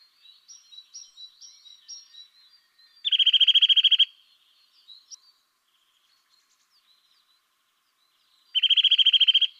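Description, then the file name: Eurasian nuthatch: soft high piping notes, then two loud rapid rattling trills about five seconds apart, each lasting roughly one second. "Sitta europaea"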